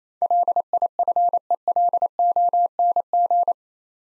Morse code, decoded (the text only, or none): LIFELONG